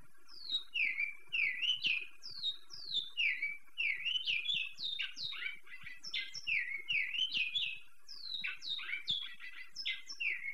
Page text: Cantos Claros ( Tinaquillos ) del Centro del Pais ( Venezuela ). Cantos Claros de Pico de Plata Negro ( Oryzoborus Crassirostris ) zona del centro ( Carabobo, Yaracuy, Cojedes, Aragua ). por el senor Luis Scovino. Truquero